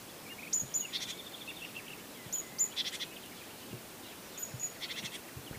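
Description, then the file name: Great tit giving high thin notes run into scratchy, buzzy churrs, three phrases roughly two seconds apart, with a few lower chirps mixed in. "Parus major"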